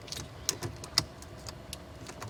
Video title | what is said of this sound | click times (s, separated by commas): Toyota Camry - How to remove front seat / how to install plug and play amplifer. | this one it's going to have two clicks the first one | 0.5 s